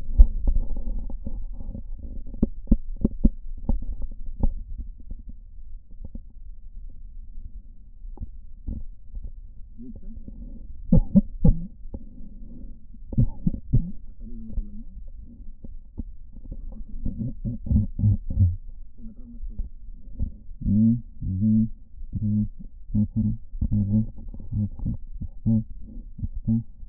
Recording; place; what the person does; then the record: lung sounds by stethoscope; right posterior apical chest; quiet breathing, then cough and speech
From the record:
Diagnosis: none (healthy); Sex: male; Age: 29 years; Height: 180 cm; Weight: 100 kg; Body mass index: 30.9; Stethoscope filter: diaphragm mode